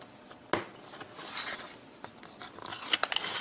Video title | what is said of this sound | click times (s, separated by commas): How to install LED Aluminum Profile with led strip light? | you make sure that snaps in place and now you can see that our end cap slides | 0.5 s